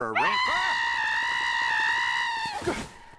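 Goat screaming: one long, harsh yell that rises quickly, holds a steady pitch for about two seconds, then breaks off into a short breathy rasp.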